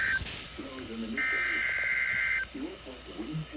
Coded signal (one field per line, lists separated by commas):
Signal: Emergency Alert System (SAME) tones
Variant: header bursts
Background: speech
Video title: The Minnesota tornado drill 2024 eas 711